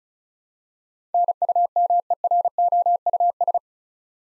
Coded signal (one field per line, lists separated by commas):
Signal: Morse code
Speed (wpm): 36 wpm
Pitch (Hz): 700 Hz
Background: none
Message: NUMEROUS